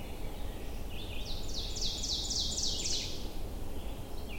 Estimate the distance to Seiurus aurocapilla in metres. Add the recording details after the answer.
about 30 m. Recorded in boreal forest in Alberta, Canada, on 22 June 2016 at 07:55. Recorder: SongMeter 3, array SBT-6-76. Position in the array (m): 156 m, 117 m. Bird 3